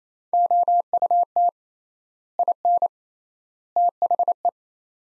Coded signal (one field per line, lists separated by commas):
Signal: Morse code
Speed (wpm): 28 wpm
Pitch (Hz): 700 Hz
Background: none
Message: OUT IN THE